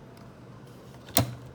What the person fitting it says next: Lock ஆயிடுச்சு.